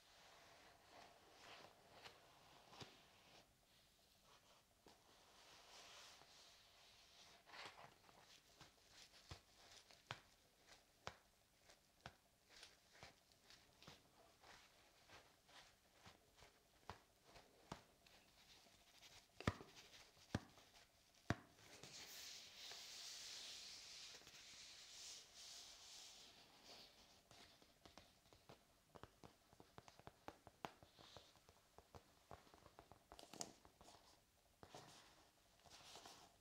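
Tapping and scratching: sharp, irregular taps land every second or so, some loud, with soft scraping in between. Around twenty-two to twenty-six seconds a brighter, hissing scratch runs steadily before the scattered taps return.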